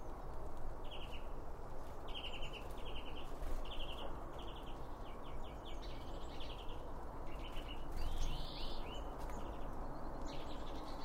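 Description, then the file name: Small birds calling: short, bright chirps and buzzy notes repeated in irregular bursts, over a steady low rumble of background noise. Several birds around a bird feeder, recorded with two Line Audio OM1 microphones. "Birds Around Birdfeeding With Two Om 1 From Line Audio"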